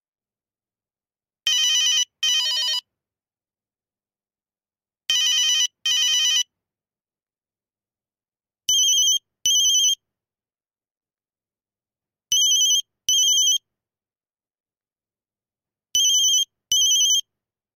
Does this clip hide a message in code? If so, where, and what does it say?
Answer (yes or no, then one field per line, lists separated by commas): no